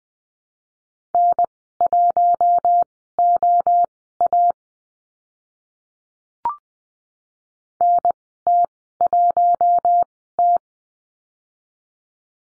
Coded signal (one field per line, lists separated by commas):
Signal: Morse code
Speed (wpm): 20 wpm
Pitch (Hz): 700 Hz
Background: none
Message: N1OA NT1T